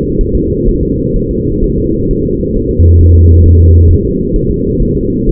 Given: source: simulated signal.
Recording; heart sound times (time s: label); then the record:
fetal heart sounds
0.21 s: S1
0.35 s: S2
0.69 s: S1
0.83 s: S2
1.16 s: S1
1.31 s: S2
1.64 s: S1
1.78 s: S2
2.11 s: S1
2.25 s: S2
2.56 s: S1
2.71 s: S2
3.01 s: S1
3.16 s: S2
3.46 s: S1
3.60 s: S2
3.91 s: S1
4.05 s: S2
4.36 s: S1
4.51 s: S2
4.82 s: S1
4.97 s: S2
5.29 s: S1
From the record:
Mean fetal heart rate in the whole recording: 130 bpm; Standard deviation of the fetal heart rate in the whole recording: 4 bpm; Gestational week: 38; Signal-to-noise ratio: -10.2 dB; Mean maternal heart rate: 72 bpm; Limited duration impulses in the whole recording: present